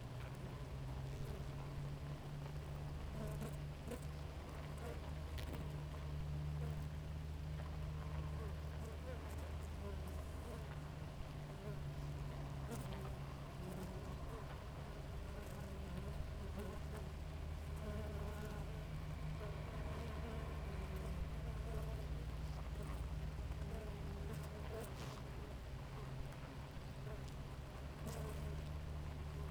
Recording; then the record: honeybee colony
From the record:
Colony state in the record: active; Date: 28 July 2017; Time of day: 5:21